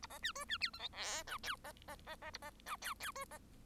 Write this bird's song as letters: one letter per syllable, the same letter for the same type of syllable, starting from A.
A B C D C E F G H I J B B B B A B I J J D B